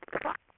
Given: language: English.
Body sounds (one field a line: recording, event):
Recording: throat vibration sensor signal played as sound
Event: swallow